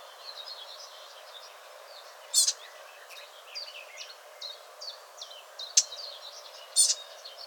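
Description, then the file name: Eurasian blackcap uttering a few loud, abrupt clicking calls, set against a busy background of fast twittering birdsong. "Sylvia atricapilla"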